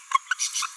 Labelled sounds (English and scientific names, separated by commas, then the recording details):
Green-rumped Parrotlet (Forpus passerinus) babbling
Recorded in a nest box in Venezuela
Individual 18B17A4